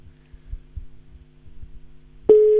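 telephone ringback tone

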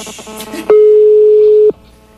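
telephone ringback tone

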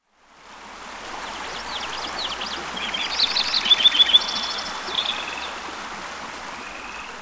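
flowing mountain stream water

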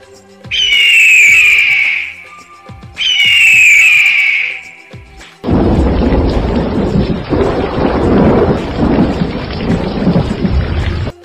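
deafening thunderclap

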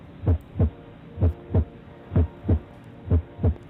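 pounding heartbeat sound effect

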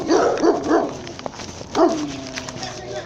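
small dog barking

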